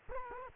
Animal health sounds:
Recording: mosquito wingbeat signal from an infrared sensor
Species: Culex quinquefasciatus

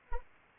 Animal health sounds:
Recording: mosquito wingbeat signal from an infrared sensor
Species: Anopheles arabiensis

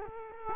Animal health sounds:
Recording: mosquito wingbeat signal from an infrared sensor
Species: Culex quinquefasciatus

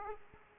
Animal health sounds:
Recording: mosquito wingbeat signal from an infrared sensor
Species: Aedes aegypti

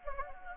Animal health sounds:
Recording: mosquito wingbeat signal from an infrared sensor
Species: Anopheles gambiae

